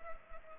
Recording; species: mosquito wingbeat signal from an infrared sensor; Culex pipiens